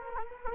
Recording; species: mosquito wingbeat signal from an infrared sensor; Culex quinquefasciatus